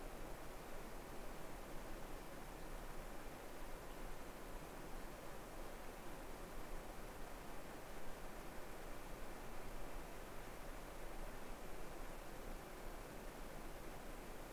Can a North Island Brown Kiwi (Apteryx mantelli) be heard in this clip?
no